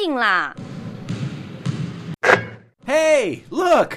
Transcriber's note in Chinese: Sound of basketball into the basket